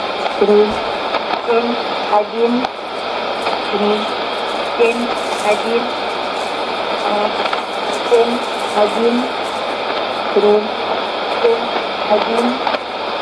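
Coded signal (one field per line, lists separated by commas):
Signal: numbers station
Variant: S06s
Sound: a voice reading short, evenly spaced words through steady radio static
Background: radio static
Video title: 10 08 2015 Numbers Station S06s 0832 on 8221 CUSB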